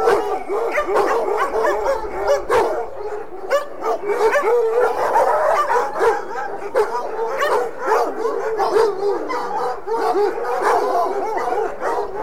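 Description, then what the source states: Several dogs bark and yip over one another without pause, a steady noisy chorus with occasional howl-like notes mixed in. A pack of dogs.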